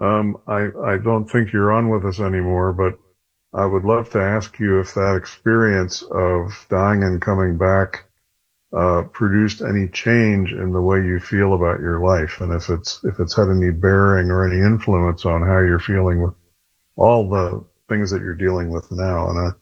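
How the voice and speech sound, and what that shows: A low-pitched adult man speaks fluently and clearly, asking a long question at a steady pace; ordinary speech.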